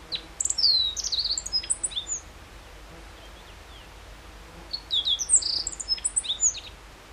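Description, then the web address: Meadow bunting delivering two lively song phrases of high, squeaky chips and slurs, a few seconds of silence between them. Recorded 14 June 2012. "June 14 2012 E cioides KBGD"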